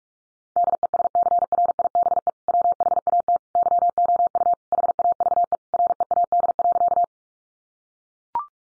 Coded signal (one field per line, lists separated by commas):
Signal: Morse code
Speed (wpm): 44 wpm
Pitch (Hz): 700 Hz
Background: none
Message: DESCRIBE WHAT YOU HAVE READ.